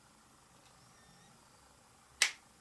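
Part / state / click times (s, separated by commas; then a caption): bezel insert coming out of a watch bezel ring / released / 2.2 s. A watch bezel insert is pressed equally on both sides of a removed bezel to detach it from the metal bezel ring. After a quiet stretch, a single sharp pop sounds at 2.2 seconds as the insert comes away from the bezel ring, releasing it.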